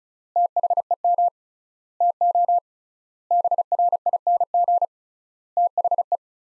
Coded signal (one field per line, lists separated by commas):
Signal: Morse code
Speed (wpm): 34 wpm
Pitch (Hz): 700 Hz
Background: none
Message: THEM TO BRING THE